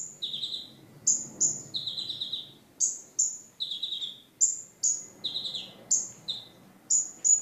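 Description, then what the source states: Sunbird song of very high, piercing whistles alternating with slightly lower, slurred notes, delivered in rapid, steady, repeated phrases. Champion singing bird (kicau jawara); local name mountain sunbird (kolibri gunung).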